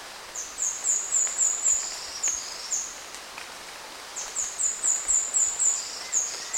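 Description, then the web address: Speckled spinetail giving two bursts of rapid, very high-pitched notes separated by a pause, over a soft hiss. "sound Speckled-spinetail. صدای-پرنده-دمخاری-خالدار"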